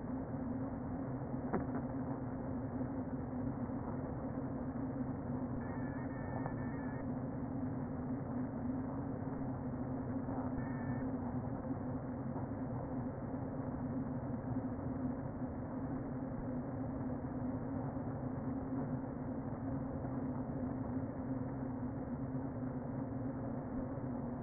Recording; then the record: honeybee colony, microphone inside the hive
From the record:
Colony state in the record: queen present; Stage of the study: before two queens were removed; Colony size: about 60,000 bees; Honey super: yes